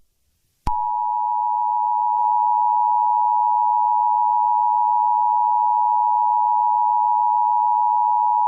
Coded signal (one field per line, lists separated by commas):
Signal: Emergency Alert System (SAME) tones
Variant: 853 and 960 Hz attention tone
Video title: EAS Scenario #2: Hot To Go!